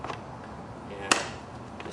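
The front safety bar of a handlebar-mounted child bike seat, an iBert Safe-T-Seat, is lowered and pushed down until it snaps into place with a sharp click at 1.1 seconds. Fainter taps come near the start and near the end, and the bar is confirmed locked in the seat.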